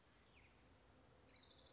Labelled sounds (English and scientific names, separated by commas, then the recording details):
Orange-crowned Warbler (Leiothlypis celata)
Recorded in Sonoma County, California